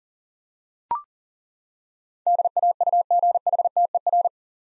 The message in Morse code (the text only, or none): DAUGHTER